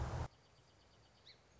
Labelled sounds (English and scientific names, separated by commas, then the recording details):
Song Sparrow (Melospiza melodia)
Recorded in Sonoma County, California